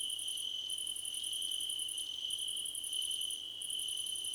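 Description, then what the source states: Cricket chorus: a constant high-pitched trill overlaid by fast pulsed chirp trains that stop briefly and resume several times. A crickets' choir competition.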